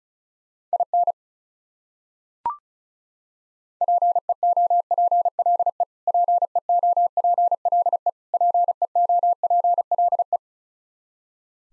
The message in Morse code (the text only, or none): IN PEOPLE PEOPLE PEOPLE